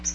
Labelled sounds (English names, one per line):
Magnolia Warbler flight call